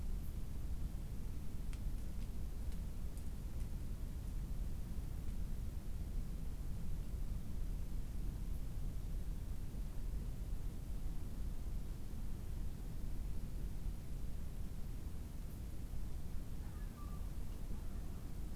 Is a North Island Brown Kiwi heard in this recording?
no